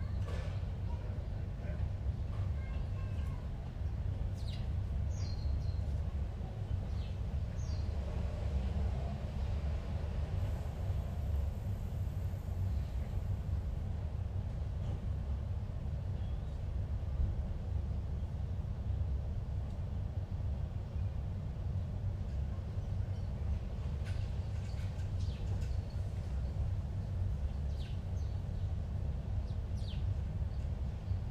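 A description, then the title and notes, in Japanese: Morning street ambience in a Tokyo neighbourhood, dominated by a steady, heavy low rumble of passing traffic or a train that never lets up. Faint voices and small clicks surface now and then, and a thin high whine sounds briefly around ten to fourteen seconds. 7:38 AM 朝の杉並。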